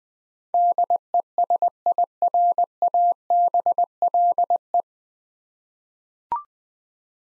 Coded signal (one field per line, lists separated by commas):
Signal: Morse code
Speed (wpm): 21 wpm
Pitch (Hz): 700 Hz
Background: none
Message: DESIRABLE